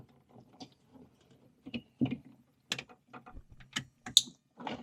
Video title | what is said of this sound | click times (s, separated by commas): I Bought this $300 Part for My Tractor! | heard that click? Okay. | 4.2 s